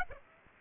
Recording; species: mosquito wingbeat signal from an infrared sensor; Aedes aegypti